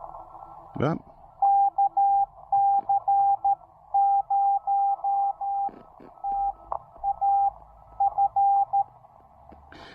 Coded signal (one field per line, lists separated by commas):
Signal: Morse code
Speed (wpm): 13 wpm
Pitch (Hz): 800 Hz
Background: speech, radio noise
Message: KC0TAF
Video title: QRP POTA: Pairing the TEC-TEC R4020 with my cannibalized 40M EFHW at Lake Norman SP!